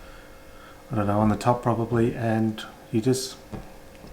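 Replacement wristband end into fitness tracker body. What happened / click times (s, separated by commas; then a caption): Handled, not yet home: no seating click / none. A replacement silicone wristband end is handled at the slot of a Fitbit Charge 2 fitness tracker body while someone talks throughout. The band has not gone home: nothing has seated or clicked yet when the clip ends.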